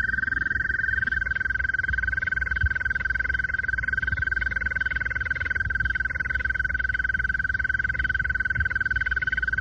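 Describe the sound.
Toad giving a continuous even trill of rapid pulses at a steady pitch throughout, with a low rumbling background underneath.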